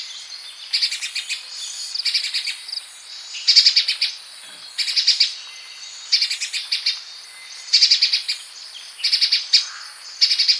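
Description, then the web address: Grey-breasted spiderhunter with repeated bursts of fast, sharp high chatter separated by short pauses, over a steady thin background hiss. "grey brested spiderhunter call"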